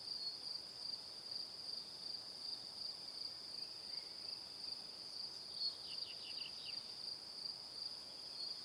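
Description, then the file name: Crickets keep up a constant shrill trill while a brief cluster of quick falling chirps sounds toward the end. Crickets chirping in the evening. "Calm - Evening Crickets"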